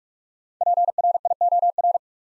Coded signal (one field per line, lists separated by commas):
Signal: Morse code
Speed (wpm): 44 wpm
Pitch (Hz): 700 Hz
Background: none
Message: PRIOR